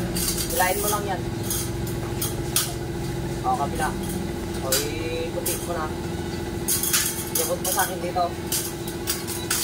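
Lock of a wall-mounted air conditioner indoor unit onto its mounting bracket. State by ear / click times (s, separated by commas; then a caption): seated / 9.5 s. While a wall-mounted split-type air conditioner is being installed, a helper works the top locks of the indoor unit onto its mounting bracket as someone talks over a steady hum. Sharp knocks sound at 2.2 and 2.6 s, and a sharp click at 9.5 s marks the unit's lock seating firmly in place.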